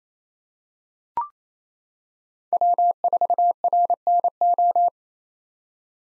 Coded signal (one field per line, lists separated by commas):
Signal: Morse code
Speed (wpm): 27 wpm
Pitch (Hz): 700 Hz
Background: none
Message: W4RNO